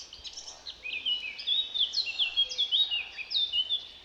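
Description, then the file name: Eurasian blackcap singing a hurried, varied warble of bright whistled phrases and chattering notes, rising in loudness through the middle and continuing to the end. "Sylvia atricapilla"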